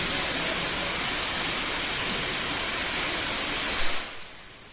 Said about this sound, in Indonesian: Menunggu. Menunggu hujan selesai. Kita menunggu hujan selesai atau bagaimana?